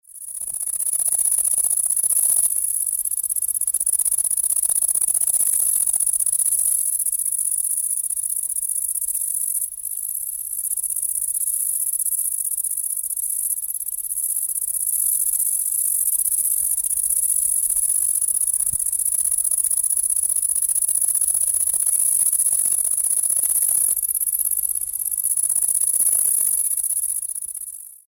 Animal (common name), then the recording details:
Great Green Bush-cricket. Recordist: Tembrock, Günter. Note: Stridulation